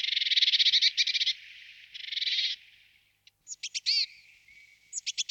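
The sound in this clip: Willow tit making repeated nasal buzzing notes in quick runs, then after a short pause a few sharp chips and thin high notes.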